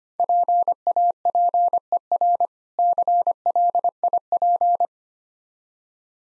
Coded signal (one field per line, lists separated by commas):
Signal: Morse code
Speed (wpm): 25 wpm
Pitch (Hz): 700 Hz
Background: none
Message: PAPER CLIP